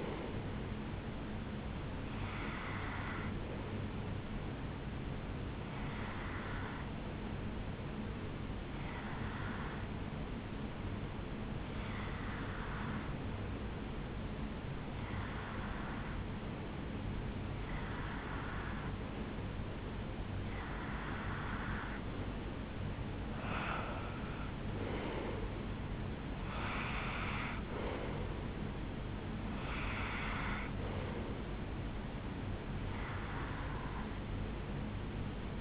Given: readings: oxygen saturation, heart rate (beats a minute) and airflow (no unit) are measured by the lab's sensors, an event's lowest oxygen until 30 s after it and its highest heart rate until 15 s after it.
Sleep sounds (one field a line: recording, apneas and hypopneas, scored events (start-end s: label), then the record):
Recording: breathing in sleep by a voice recorder at the bedside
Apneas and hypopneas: 1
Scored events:
13.00-27.10 s: hypopnea (N1, oxygen 94% highest, then 92% lowest, heart rate 73 at the start, 78 highest)
From the record:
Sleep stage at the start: N1 (lightest sleep)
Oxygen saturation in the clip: 92 to 94%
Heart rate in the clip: 72 to 78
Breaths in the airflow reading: 11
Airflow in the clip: -8.3 to 4.4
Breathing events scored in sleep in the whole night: 449 in 7.0 hours asleep